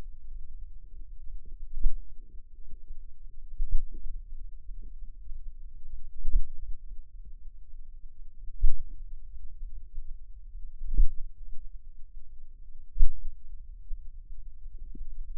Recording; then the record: forearm muscle sounds (acoustic myography)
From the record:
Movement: finger pinch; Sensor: system 2, bracelet of six BSWA MPA416 microphones around the upper forearm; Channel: 1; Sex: female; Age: 22 years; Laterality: right